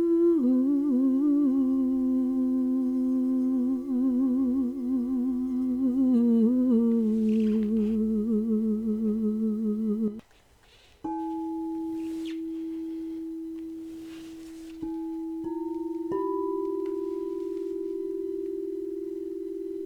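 Crystal singing bowls ring in long, pure tones, with a wavering voice-like tone gliding and trembling over a steady low note for the first ten seconds. After a brief drop, new bowl notes sound and sustain, shifting pitch slightly around 15 and 16 seconds.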